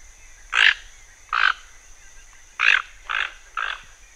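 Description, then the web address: Toucan calling with five harsh croaks in irregular spacing, a pair then a quick triplet near the end. Pantanal. "sescpantanal. Tucano"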